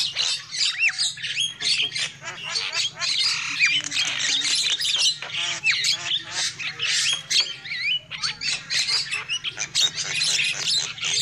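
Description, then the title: Lovebird squawking calls: a dense, continuous chatter of shrill, high-pitched squeaks and chirps, with rising and falling notes overlapping throughout and a steady low hum beneath. Lure call used for trapping lovebirds. "PIKAT BURUNG LOVEBIRD"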